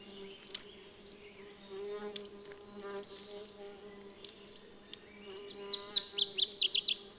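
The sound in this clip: Bird song: high sharp chirps early, then a rapid descending series of thin notes toward the end, with a constant low hum underneath.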